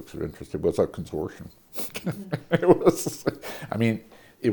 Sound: laughter